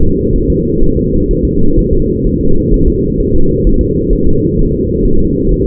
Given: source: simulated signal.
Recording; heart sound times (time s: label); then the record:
fetal heart sounds
0.03 s: S2
0.36 s: S1
0.50 s: S2
0.83 s: S1
0.97 s: S2
1.31 s: S1
1.45 s: S2
1.79 s: S1
1.93 s: S2
2.27 s: S1
2.41 s: S2
2.74 s: S1
2.88 s: S2
3.20 s: S1
3.35 s: S2
3.67 s: S1
3.81 s: S2
4.13 s: S1
4.27 s: S2
4.59 s: S1
4.73 s: S2
5.05 s: S1
5.20 s: S2
5.51 s: S1
5.66 s: S2
From the record:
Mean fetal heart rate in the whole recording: 130 bpm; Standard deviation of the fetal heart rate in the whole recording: 4 bpm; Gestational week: 38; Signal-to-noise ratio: -19.1 dB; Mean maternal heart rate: 72 bpm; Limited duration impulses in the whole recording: present